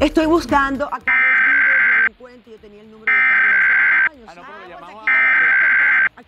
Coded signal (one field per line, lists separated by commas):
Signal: Emergency Alert System (SAME) tones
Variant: header bursts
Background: speech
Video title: 2021 National Emergency Alert System Test August 11 2021 at 2:20PM ET - Recorded from WSCV-TV Miami